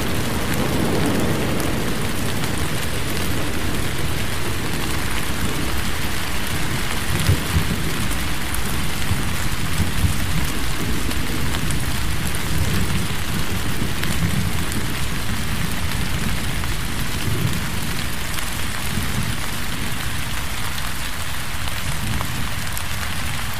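Heavy forest rain falls in a dense, unbroken hiss that stays level for the whole stretch. A deep rumbling roll churns underneath throughout, like thunder blended into the downpour, with no sharp cracks or separate events standing out.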